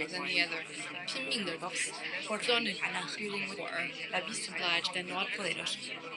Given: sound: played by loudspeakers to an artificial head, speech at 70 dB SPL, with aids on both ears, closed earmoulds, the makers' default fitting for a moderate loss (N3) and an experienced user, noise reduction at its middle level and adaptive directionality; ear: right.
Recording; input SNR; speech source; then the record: speech test signal (ISTS) in cocktail-party noise; -3 dB; in front (0 degrees)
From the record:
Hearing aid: class 2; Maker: I